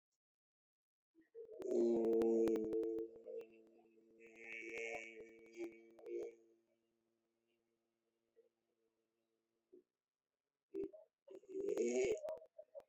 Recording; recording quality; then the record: sustained vowel as in made; excellent, no background noise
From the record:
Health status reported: exposed to COVID-19, no respiratory illness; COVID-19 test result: negative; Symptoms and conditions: none ticked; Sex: male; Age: 53 years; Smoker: not ticked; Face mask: worn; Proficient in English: yes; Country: India